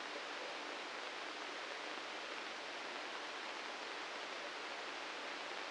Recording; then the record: brain microelectrode recording played as sound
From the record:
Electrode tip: inside the subthalamic nucleus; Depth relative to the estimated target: 1 mm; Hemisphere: right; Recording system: NeuroSet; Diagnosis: Parkinson's disease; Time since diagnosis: 9 years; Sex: male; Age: 61 years